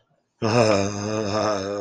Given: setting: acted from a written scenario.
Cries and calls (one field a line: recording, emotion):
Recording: vocal sound without words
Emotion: fear